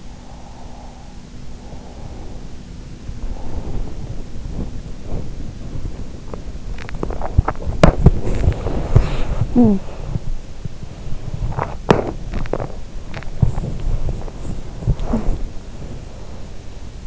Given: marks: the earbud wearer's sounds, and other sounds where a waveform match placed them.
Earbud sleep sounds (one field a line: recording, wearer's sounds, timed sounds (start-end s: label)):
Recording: sounds in sleep by an in-ear microphone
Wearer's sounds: breath, body movement, talking in sleep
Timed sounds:
0.00-2.46 s: breath
2.46-17.07 s: body movement
9.44-9.89 s: talking in sleep